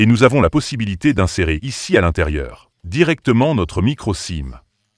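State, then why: Not seated. A micro-SIM card is being handled at the spring-loaded SIM slot under the opened rubber cover of a 5G router, ready to be pushed in until it latches. Only someone talking is heard, with no handling noises. Nothing has seated or clicked yet.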